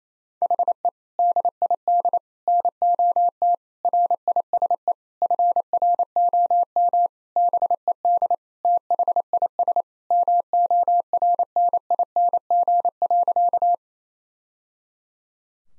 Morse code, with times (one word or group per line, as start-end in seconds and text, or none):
0.4-0.9 HE
1.2-2.2 DID
2.5-3.5 NOT
3.8-4.9 RISE
5.2-7.1 FROM
7.4-8.3 BED
8.6-9.8 THIS
10.1-13.7 MORNING.